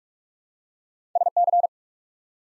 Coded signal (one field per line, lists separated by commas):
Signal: Morse code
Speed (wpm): 42 wpm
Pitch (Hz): 700 Hz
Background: none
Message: SC